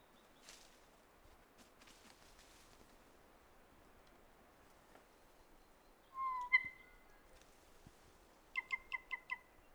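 Kōkako song: a faint stretch, then one rich held note and later a tight series of five bell-like pips.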